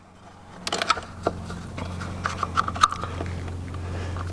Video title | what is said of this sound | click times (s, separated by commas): ABS Repair Volvo S80 | you put me here a little snap click when this thing is seated | 2.8 s